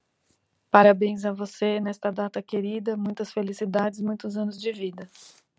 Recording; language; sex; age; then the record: short text; Brazilian Portuguese; female; 40 to 49 years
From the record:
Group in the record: control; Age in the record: 48 years